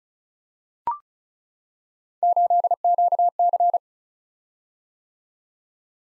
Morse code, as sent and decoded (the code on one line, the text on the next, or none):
---.. --.- -.-.
8QC